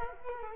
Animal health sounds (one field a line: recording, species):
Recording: mosquito wingbeat signal from an infrared sensor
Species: Culex quinquefasciatus